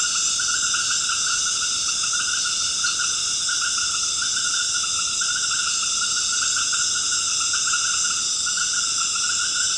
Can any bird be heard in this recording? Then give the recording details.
no. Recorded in dense forest near Puerto Asís, Putumayo, Colombia, on 19 March 2025 at 19:30. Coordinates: 0.481, -76.323. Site G088